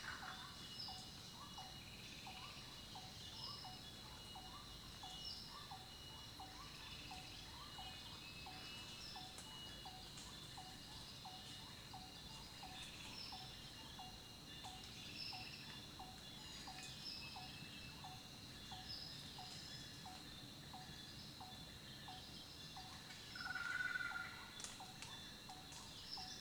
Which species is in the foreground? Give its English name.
Chestnut Wattle-eye